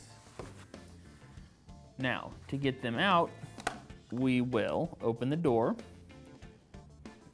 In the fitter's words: push it till it clicks now